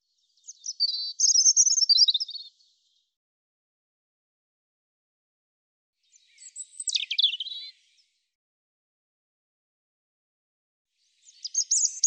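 European robin song: two high warbled phrases about five seconds apart and the start of a third, mixing trills, thin whistles and sharp falling notes, with silence between.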